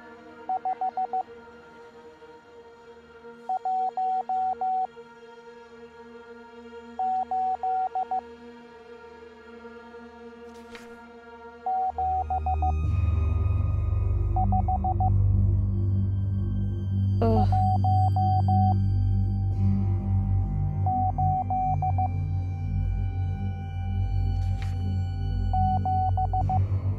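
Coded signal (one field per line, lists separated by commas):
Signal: Morse code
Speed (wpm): 15 wpm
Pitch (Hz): 750 Hz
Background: music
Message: 5 1 8 7 5 1 8 7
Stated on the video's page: Morse code in a puzzle-solving escape game.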